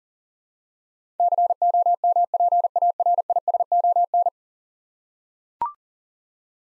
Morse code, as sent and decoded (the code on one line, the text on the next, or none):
-.-. --- -- .--. .- .-. .. ... --- -.
COMPARISON